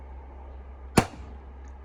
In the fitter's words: you hear it pop